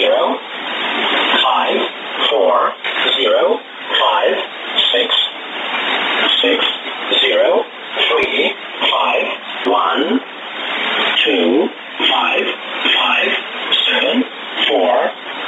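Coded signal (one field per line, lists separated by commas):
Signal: numbers station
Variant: E07a English Man, English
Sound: a male voice reading short, evenly spaced words over radio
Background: radio static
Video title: 21 02 2019 E07a English Man numbers station in English to Eu 0554 on 5811 unknown tx site USB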